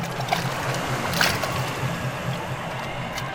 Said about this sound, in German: So schnell wie wir konnten, waren wir, Ned Land mit dem Wildschwein auf der Schulter, in unserem Boot und ruderten mit vereinten Kräften auf die Nautilus zu.